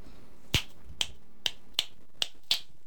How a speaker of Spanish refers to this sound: Chasquidos. Chasquidos chillones. Chasquidos chiquitos. Con más chasquidos chisporroteantes.